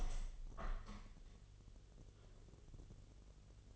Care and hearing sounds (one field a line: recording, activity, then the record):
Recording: daily activity, microphone in the room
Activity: open window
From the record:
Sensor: 4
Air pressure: 1016.0 hPa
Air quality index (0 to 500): 104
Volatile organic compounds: 2 ppm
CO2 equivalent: 1158 ppm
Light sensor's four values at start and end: 9/20/8/7 and 9/20/8/7